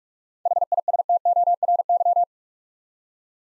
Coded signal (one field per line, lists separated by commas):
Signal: Morse code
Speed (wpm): 44 wpm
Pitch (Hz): 700 Hz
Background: none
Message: HISTORY